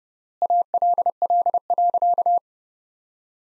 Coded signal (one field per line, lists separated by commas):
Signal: Morse code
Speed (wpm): 31 wpm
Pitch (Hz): 700 Hz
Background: none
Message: ALL.